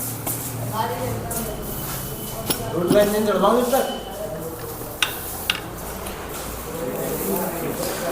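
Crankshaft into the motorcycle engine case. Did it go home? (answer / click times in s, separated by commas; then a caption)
yes / 5.0 s, 5.5 s. While assembling a TVS Apache RTR 180 motorcycle engine, the metal crankshaft is set into the engine case. Someone talks, and two sharp knocks at 5.0 s and 5.5 s mark the crank seating in place easily without a hammer.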